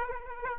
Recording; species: mosquito wingbeat signal from an infrared sensor; Aedes aegypti